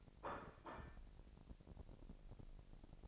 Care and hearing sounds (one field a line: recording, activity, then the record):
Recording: daily activity, microphone in the room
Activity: place plate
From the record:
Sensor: 5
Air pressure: 1007.6 hPa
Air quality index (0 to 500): 91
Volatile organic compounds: 1 ppm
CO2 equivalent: 716 ppm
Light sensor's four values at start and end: 36/84/34/35 and 36/84/34/35